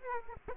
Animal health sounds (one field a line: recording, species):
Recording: mosquito wingbeat signal from an infrared sensor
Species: Aedes aegypti